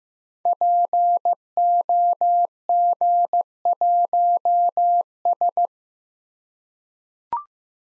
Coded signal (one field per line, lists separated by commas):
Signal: Morse code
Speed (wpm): 15 wpm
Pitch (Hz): 700 Hz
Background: none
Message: POG1S